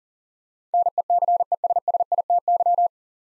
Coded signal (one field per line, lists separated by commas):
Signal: Morse code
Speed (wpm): 40 wpm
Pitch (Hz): 700 Hz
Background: none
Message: NECESSITY